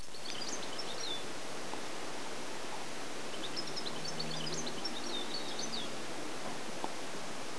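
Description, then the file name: European goldfinch song: two bursts of quick, tinkling, twittering high notes, the second longer, against a constant background hiss. "cardellino vero"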